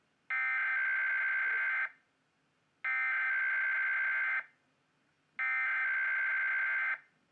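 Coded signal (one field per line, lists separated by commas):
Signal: Emergency Alert System (SAME) tones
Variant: header bursts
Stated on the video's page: IPAWS weekly test relayed through an Endec unit.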